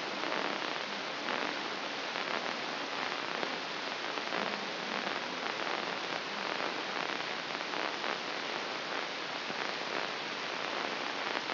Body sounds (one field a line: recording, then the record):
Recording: brain microelectrode recording played as sound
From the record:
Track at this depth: inside the subthalamic nucleus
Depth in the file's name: 3.524 mm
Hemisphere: left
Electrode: 3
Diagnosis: Parkinson's disease